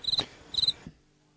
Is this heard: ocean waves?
no